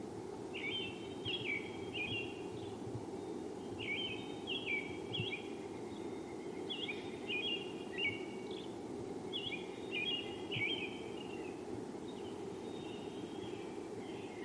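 Robin singing short whistled phrases of a few notes, repeated every few seconds over a steady low background hum.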